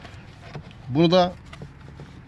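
On a BMW E39, the plastic cabin (pollen) filter housing is turned toward the fender side and pressed into its mount under the cowl in the engine bay. Someone talks briefly over low background noise, with a few faint handling taps. Nothing has seated or clicked yet.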